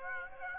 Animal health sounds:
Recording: mosquito wingbeat signal from an infrared sensor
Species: Aedes aegypti

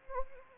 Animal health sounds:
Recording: mosquito wingbeat signal from an infrared sensor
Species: Anopheles arabiensis

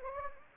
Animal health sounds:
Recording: mosquito wingbeat signal from an infrared sensor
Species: Anopheles gambiae

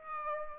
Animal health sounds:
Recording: mosquito wingbeat signal from an infrared sensor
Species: Aedes aegypti

